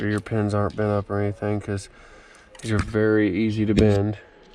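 Someone talks while handling the wiring harness connector of an E85 flex sensor on an A90 Toyota Supra, bringing it toward its mounting point, with a quieter stretch around 1.9 to 2.6 seconds. Nothing has snapped in or seated yet.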